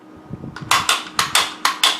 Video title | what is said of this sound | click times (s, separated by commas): Just A Few Simple Gun Tips You May Or May Not Know (edit) | Can't get the bolt to shut. | none